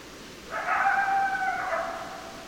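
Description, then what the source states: Coyote howl, a single wavering howl of about one and a half seconds, several harmonic bands easing downward, with steady hiss behind. Several coyotes, 10 December 2012.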